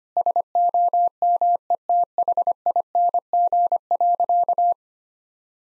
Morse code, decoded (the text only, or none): SOMETHING.